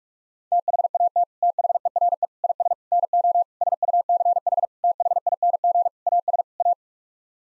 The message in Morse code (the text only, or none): THAT THERE IS NO SUCH THING AS A